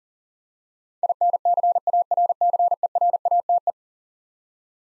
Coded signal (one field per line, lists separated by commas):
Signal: Morse code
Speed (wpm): 37 wpm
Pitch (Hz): 700 Hz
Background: none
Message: INCARCERATE